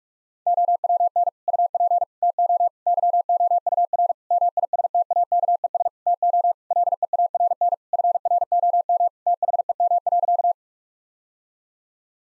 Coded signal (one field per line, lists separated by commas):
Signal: Morse code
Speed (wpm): 46 wpm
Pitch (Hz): 700 Hz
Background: none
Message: OWN UP TO YOUR MISTAKES TO LEARN FROM THEM.